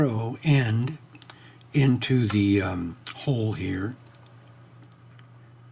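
Someone talks while lining up the narrow end of a plastic ink cartridge in the hole of a fountain pen's grip section, before it is pushed hard against something solid to break the seal. After the talking, a few faint, brief ticks are heard near 4.2, 4.9 and 5.2 seconds against a quiet background. The cartridge is only being positioned here, and nothing has clicked or seated yet.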